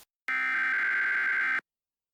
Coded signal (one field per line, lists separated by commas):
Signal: Emergency Alert System (SAME) tones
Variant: header bursts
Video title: EAS Scenario: Lost in Silence